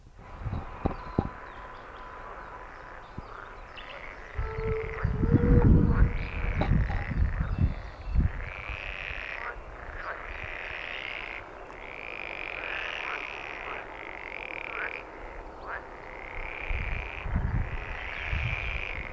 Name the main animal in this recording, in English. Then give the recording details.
Pool Frog. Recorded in the wild. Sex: male. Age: adult. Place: Ahrensfelde, OT Blumberg, Barnim, Brandenburg, DE. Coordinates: 52.6039, 13.6258. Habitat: park. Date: 1972-05-09 14:30. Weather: Wassertemperatur: 20-23°C; Luft: 26°C. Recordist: Günther, Rainer